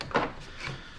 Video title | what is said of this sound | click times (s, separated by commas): Cleaning a Beretta A400 XCEL | drop it in. When you hear that click, | 0.0 s